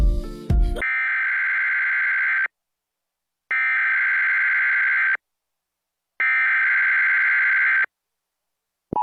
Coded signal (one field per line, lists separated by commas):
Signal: Emergency Alert System (SAME) tones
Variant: header bursts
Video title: EAS Tornado Watch #59 Tennessee Including Memphis NOAA Weather Radio